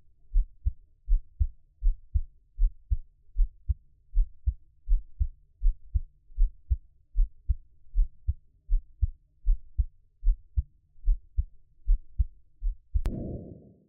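A person's own heartbeat: soft, low, muffled thumps repeat steadily at about 79 beats a minute, each beat a clear lub-dub pair with quiet gaps between. Near the end a brief, louder rustle of handling noise cuts across.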